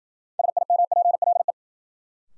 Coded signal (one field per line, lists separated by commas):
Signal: Morse code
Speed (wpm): 53 wpm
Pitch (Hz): 700 Hz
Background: none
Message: SIMPLE